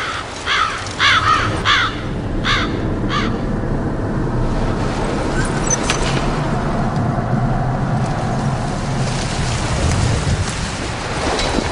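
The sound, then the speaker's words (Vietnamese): More than a dozen black crows circling overhead outside a police station give several harsh, raspy caws in quick bursts during the first few seconds, then fade, leaving a steady loud hiss like rain with a low rumble underneath. “Khi Quang Kiền theo cha mẹ bước ra khỏi cơ quan công an thì trên đầu bỗng vang lên mấy tiếng quạ quạ”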